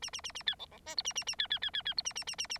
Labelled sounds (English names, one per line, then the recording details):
Bengalese Finch song
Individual Bird9